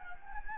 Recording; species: mosquito wingbeat signal from an infrared sensor; Anopheles gambiae